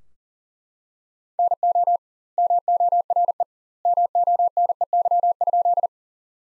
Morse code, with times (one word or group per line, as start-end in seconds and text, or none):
1.4-2.0 NO
2.4-3.4 MORE
3.9-5.9 MONEY?